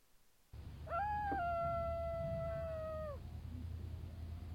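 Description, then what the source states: Wolf howling once in a held, slightly wavering tone that drops at the end, over a low background rumble. Angry call.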